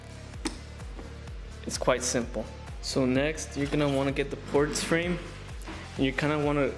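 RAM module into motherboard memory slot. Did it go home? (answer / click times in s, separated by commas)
yes / 0.5 s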